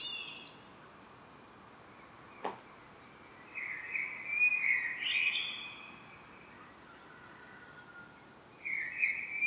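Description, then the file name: Common blackbird song: a brief high twitter, a single click, then a rich fluted phrase with squeaky flourishes, and another phrase starting just before the end. "Turdus merula"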